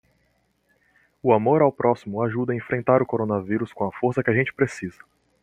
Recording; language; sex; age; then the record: spoken sentence; Brazilian Portuguese; male; 20 to 29 years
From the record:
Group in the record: control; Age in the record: 20 years